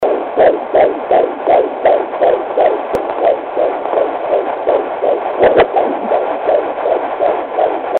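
A baby's heartbeat in the womb, picked up by a Doppler monitor during pregnancy: a fast, steady series of pulsing beats.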